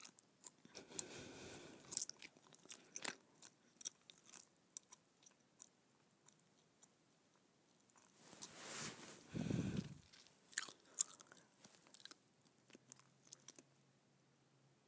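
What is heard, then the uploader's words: Wet gum chewing with irregular clicks and smacks scattered throughout. Two fuller, louder bursts of chewing stand out, near the start and around nine to ten seconds, and a faint low hum enters near the end. ASMR Gum Chewing.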